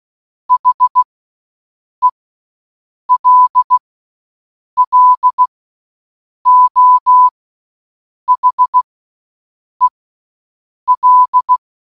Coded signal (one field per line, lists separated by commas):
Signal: Morse code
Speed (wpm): 16 wpm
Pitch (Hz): 1000 Hz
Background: none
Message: HELLO HEL